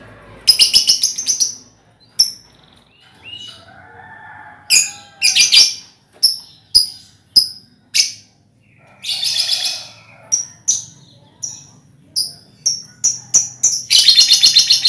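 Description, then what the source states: Lovebird chattering song: bursts of sharp, high chirps and rapid trills, some separated by brief pauses, with short single notes repeated at uneven intervals. Lovebird ngekek song, described as the longest, used as a lure song (kicau pancingan).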